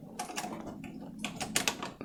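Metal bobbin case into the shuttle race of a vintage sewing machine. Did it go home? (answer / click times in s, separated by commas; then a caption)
no / none. A metal bobbin case is pushed into the shuttle race underneath a vintage Singer 191 sewing machine, producing a series of light metallic taps and scrapes with sharper knocks around 1.6 and 1.7 seconds. The bobbin case has not clicked or seated into place yet.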